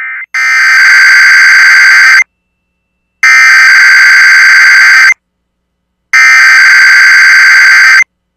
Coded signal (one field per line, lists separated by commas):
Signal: Emergency Alert System (SAME) tones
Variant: header bursts